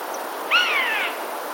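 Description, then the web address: Eurasian jay uttering one clear, slightly falling mew lasting around half a second, with faint background hiss. 21 January 2021. "wroblowe ostrzegator sojka 21 01 2021"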